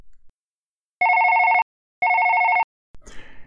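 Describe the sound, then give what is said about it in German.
Two identical electronic telephone rings, each a bright buzzing tone about half a second long, separated by a short pause, followed by a rustling clatter of noise. “Dann klemme ich mich mal jetzt ans Telefon”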